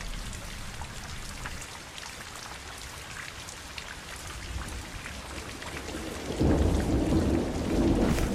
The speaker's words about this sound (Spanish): Nos vamos a tener que quedar acá hasta que pare la lluvia.